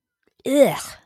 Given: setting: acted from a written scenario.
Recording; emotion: vocal sound without words; disgust